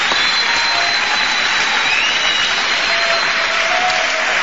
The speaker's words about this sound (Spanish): Pueden aplaudir a Pehuajó, por lo menos.